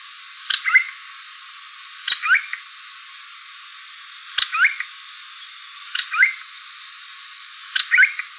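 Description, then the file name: Cuckoo giving five repeated calls, each a crisp click followed by short twisting warbled notes, recurring about every one and a half to two and a half seconds over soft hiss. "GBAN Core"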